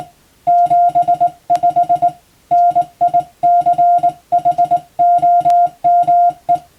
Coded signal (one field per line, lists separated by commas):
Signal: Morse code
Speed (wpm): 20 wpm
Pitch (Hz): 700 Hz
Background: music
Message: 75 NICHOME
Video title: 【Radio Officer morse practice】This is a Morse code practice video. There is a morse exam in japan.